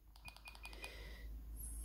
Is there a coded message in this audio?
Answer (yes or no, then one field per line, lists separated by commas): no